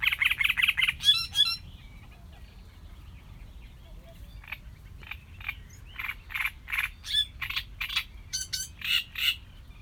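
Sedge warbler song opening with a loud rapid scratchy trill, then a pause and a varied run of chattering notes, buzzy phrases and brief whistles against low background rumble.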